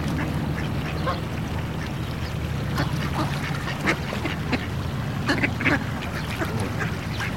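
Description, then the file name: Ducks quacking in short, scattered bursts, several rapid calls clustered near the end, over a steady low rumble. Ducks quacking at a city pond. "Sound Ideas 2000 Series. Ducks Quack In City Pond"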